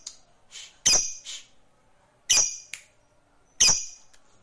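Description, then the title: Lovebird making several loud, shrill, harsh squawking chirps, each a brief burst, spaced irregularly. Fighter lovebird. "Begitu Dengar Suara Lovebird FIGHTER NGEKEK PANJANG"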